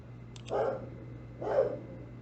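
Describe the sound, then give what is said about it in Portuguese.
A dog barks twice, two short mid-pitched woofs about a second apart, over a steady low electrical hum with no talking. “Cala a boca, cachorro.”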